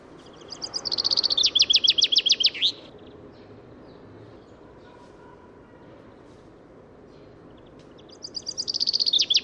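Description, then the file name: Common chaffinch song: one complete descending trilled phrase with flourish, several seconds of quiet, then the next phrase beginning near the end. "Fringilla coelebs"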